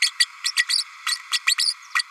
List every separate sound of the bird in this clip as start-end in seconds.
0.01-0.12, 0.19-0.25, 0.44-0.51, 0.56-0.64, 0.68-0.83, 1.06-1.17, 1.32-1.39, 1.46-1.55, 1.58-1.73, 1.94-2.03